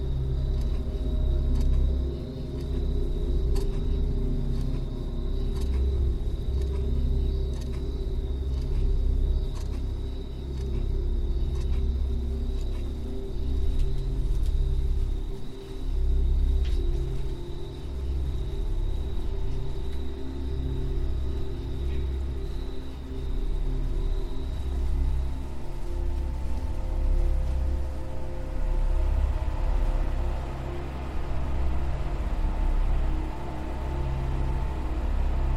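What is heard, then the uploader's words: A hyperspace sleep chamber hums with a steady, heavy low drone, layered with a thin high tone that holds until about 25 seconds. Faint ticks recur throughout, and from around 28 seconds a brighter mid-range whir swells in beneath the constant rumble. The Ambient Spaceship Soundscape. Hyperspace sleep chamber, where the sound of a clock and synthetic white noise reminiscent of crickets are always present.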